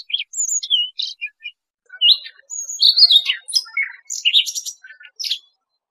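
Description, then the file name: Siberian rubythroat giving a varied warble of thin high whistles, slurred notes and brief chatters, phrases separated by short pauses before the song trails off. "Tieng chim oanh co do"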